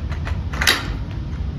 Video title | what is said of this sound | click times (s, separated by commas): OME Wanderr - Intro and Assembly | like we said with the locking mechanism, you push until you hear that click. | 0.6 s, 0.7 s